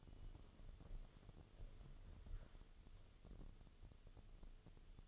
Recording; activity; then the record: daily activity, microphone in the room; walk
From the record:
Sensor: 4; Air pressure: 1016.2 hPa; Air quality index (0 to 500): 162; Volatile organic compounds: 6 ppm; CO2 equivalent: 1856 ppm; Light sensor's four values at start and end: 9/20/8/8 and 9/21/8/8